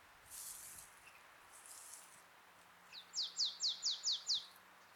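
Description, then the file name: Marsh tit calls: a rapid series of six high, downward-slurred notes near the end, preceded by faint high hissy sounds. "Poecile palustris"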